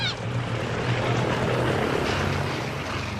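A steady, loud propeller engine drone of a British airlift plane, Berlin airlift, January 1949, with return flights carrying Berlin children to the West, fills the whole stretch, a dense low rumble with harmonic hum and broad hiss that holds constant without pause.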